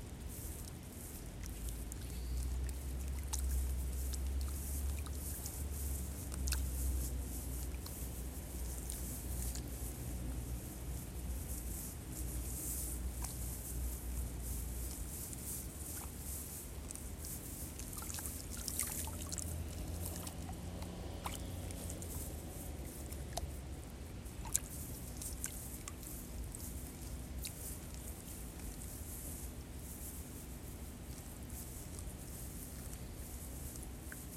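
Rice seedlings are being pulled from a flooded nursery bed and bundled with straw. Soft wet squishes, splashes and rustles come at an irregular, unhurried pace over a steady low rumble, with a louder hum during the first fifteen seconds.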